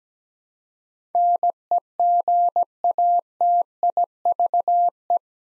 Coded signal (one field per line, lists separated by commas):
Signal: Morse code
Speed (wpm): 17 wpm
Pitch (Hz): 700 Hz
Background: none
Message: NEGATIVE